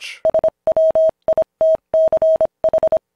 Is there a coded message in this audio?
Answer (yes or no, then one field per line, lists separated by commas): yes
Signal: Morse code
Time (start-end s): 0.3-3.0 s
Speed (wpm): 26 wpm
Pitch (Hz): 640 Hz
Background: music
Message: SWITCH